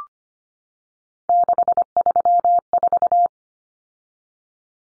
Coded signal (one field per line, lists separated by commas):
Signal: Morse code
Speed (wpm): 25 wpm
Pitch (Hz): 700 Hz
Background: none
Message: 634